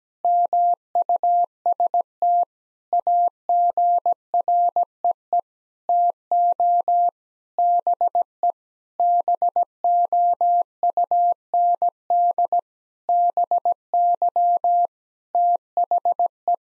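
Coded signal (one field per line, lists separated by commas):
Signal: Morse code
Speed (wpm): 17 wpm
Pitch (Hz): 700 Hz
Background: none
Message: MUST AGREE TO BE BOUND BY THE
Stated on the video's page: Morse practice sentences of common nine-word phrases at 17wpm for head-copy drill, each sent twice.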